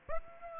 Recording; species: mosquito wingbeat signal from an infrared sensor; Aedes aegypti